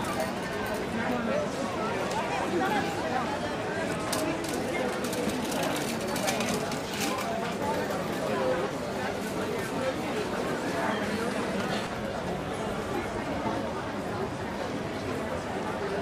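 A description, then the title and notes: Restaurant sounds: a steady, dense murmur of overlapping voices and chatter, with scattered brief clinks and knocks throughout the whole stretch. Restaurant Sounds.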